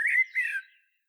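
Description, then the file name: Common blackbird giving a short fluted whistle, two mellow notes near the same pitch that fade quickly, with no other sounds. "Turdus merula"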